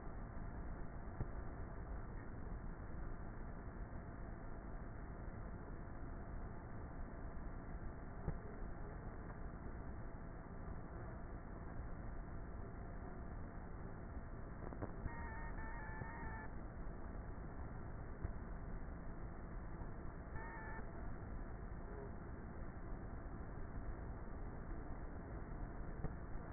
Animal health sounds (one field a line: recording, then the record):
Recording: honeybee colony, microphone inside the hive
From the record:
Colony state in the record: queenless with a low population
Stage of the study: before two queens were removed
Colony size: about 30,000 bees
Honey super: no